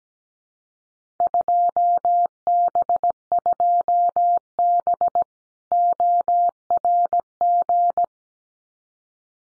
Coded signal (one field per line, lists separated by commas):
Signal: Morse code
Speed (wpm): 17 wpm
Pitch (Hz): 700 Hz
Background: none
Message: 2B2B ORG